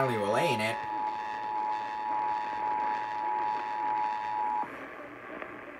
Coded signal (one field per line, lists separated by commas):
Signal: Emergency Alert System (SAME) tones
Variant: 853 and 960 Hz attention tone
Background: speech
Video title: (EAS #462 - #475) NORTH CENTRAL TEXAS CHOAS - EAS Alerts from 4/4/22 - 4/5/22